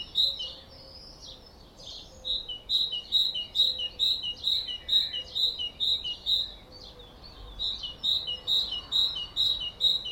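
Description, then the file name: Great tit song of evenly spaced high-low note pairs, nearly continuous. "Parus major"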